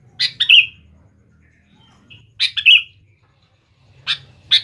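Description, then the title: Sooty-headed bulbul singing brisk phrases of clipped chirps finished with a slurred whistled note, repeated roughly every two seconds, with a soft low hum underneath. "Kutilang"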